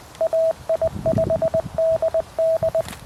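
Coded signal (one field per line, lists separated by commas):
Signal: Morse code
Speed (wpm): 20 wpm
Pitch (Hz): 650 Hz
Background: radio noise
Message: AI5DD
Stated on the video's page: Park activation using a repaired QMX with a CHA F-Loop 3.0 antenna; windy conditions, DX including Russia, and a Feld Hell signal causing interference.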